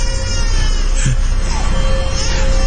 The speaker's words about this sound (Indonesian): Iya, sangat jelas. Tepat di belakangku. Di jok penumpangku terdengar suara bayi menangis.